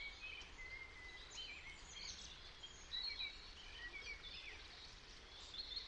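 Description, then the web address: European robin song: thin, high whistled notes and short warbled phrases scattered throughout over steady hissing background noise. "cianscape birddata Deverinetal 2025 Bird Only Er Ru"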